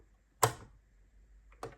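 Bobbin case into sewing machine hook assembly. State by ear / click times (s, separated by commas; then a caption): seated / 0.4 s. After the bobbin thread is drawn through, the bobbin case is turned over and pushed into the hook area of a Janome TC-1218 sewing machine, where a latch holds it. It seats with a sharp click at 0.4 s, followed by a quieter double tap around 1.5–1.6 s. The bobbin case is seated.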